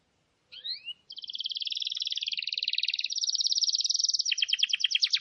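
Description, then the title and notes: Canary song: two brief rising notes, then a long rapid trill that shifts into a coarser pulsed rattle. Wild canary with a long, persistent song; recording intended for tutoring caged canaries. "Pikat Kenari GACOR PANJANG INI Cocok Untuk Masteran KENARI LIAR. Masteran burung kenari gacor parah"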